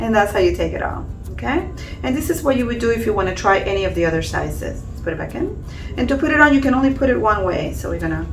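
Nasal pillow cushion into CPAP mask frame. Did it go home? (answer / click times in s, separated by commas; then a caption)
no / none. Someone talks while handling the silicone nasal pillow cushion of a ResMed AirFit P10 nasal pillow CPAP mask, taking it off to try other sizes and lining it up to go back onto the plastic mask frame, which it fits only one way. Music plays in the background. Nothing has seated or clicked yet.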